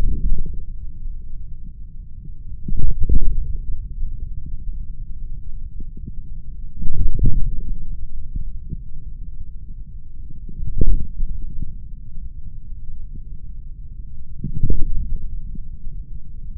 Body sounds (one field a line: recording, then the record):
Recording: forearm muscle sounds (acoustic myography)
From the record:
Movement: hand opening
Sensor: system 3, bracelet of six PUI Audio POM-2738L microphones around the upper forearm, with dedicated amplification and filtering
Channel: 6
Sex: male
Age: 26 years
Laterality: right